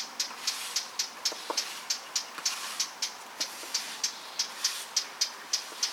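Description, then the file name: Eurasian blackcap giving hard, dry tack calls, many sharp clicks in a repeated series, over a constant background hiss. "Sylvia atricapilla"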